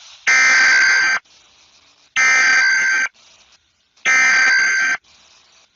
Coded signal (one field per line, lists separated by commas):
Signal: Emergency Alert System (SAME) tones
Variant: header bursts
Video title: EAS scenario: Selever.exe